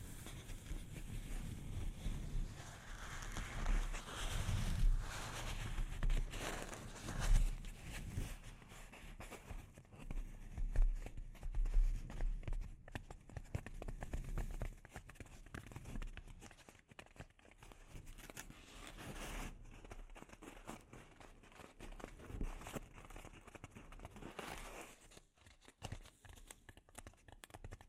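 Delicate mic scratching and tapping: soft crinkly scraping with irregular taps, busier and louder in the first half, then sparser and quieter.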